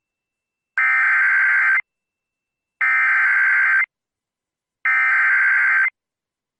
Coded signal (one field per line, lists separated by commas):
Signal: Emergency Alert System (SAME) tones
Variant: header bursts